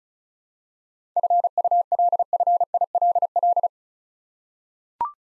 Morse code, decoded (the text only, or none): FULFILL